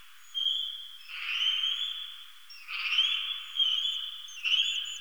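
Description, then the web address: Eastern horseshoe bat calls: long, steady, high tones with a fainter upper tone, overlapping noisy bursts at irregular intervals. "Rhinolophus megaphyllus"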